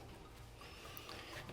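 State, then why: Not seated. A plastic push-to-connect water line is straightened and lined up with the push-fit valve fitting on a tank before being pushed in. Low steady hum with brief small sounds near 1.0 s and 1.1 s. Nothing has seated or clicked yet.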